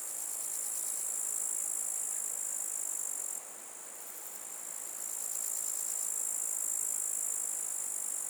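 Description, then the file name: Grasshopper song, a continuous high, hissing buzz that drops away briefly near the middle and then returns with a faint pulsing texture. "zvuki kuznechika"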